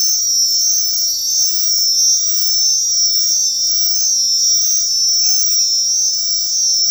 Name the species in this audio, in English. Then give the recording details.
none. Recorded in dense forest near Puerto Asís, Putumayo, Colombia, on 20 February 2024 at 03:00. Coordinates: 0.500, -76.322. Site G6465